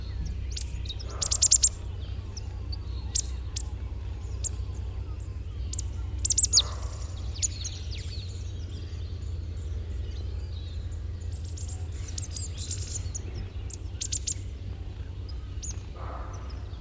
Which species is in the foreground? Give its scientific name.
Poecile palustris